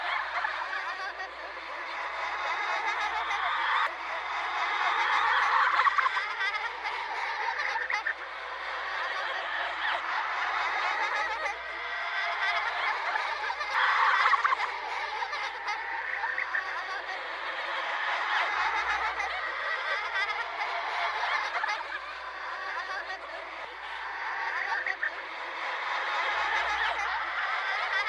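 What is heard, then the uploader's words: Children laugh in a dense, overlapping crowd that never lets up for the whole half minute, a bright, cackling chatter that swells and dips in rough waves. A low hum sits underneath, cutting in and out, clearest near 19 and 26 seconds. Creepy Children Laughing.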